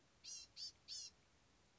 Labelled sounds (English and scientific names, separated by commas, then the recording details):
Blue-gray Gnatcatcher (Polioptila caerulea)
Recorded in Sonoma County, California